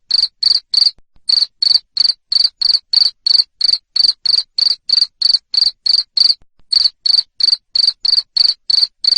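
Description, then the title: Cricket calling with shrill repeated chirps, about three per second, interrupted by two brief pauses. Loud cricket chirping that makes lovebirds keep singing (ngekek). "Suara JANGKRIK NGERIK Keras Bikin LOVEBIRD Jadi NGEKEK Terus Vubey"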